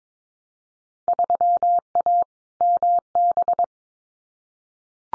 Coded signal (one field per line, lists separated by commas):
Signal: Morse code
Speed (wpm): 22 wpm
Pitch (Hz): 700 Hz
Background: none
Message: 3A MB